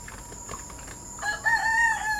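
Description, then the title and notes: Rooster crowing, a brief harmonic crow in the second half over faint background noise. Roosters in Port-au-Prince, Haiti, heard from dawn to dawn; recorded November 2014. "Port-au-Prince ne se tait jamais. De l’aube à l’aube, 2 millions d’habitants, de coqs et de chiens déambulent sur des trottoirs invisibles. Le Bruit et la fureur ASBL, ARTE Radio"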